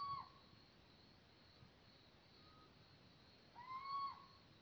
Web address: canti rapaci notturni canto verso civetta comune athene noctua little owl steinkauz mochuelo europeo cheveche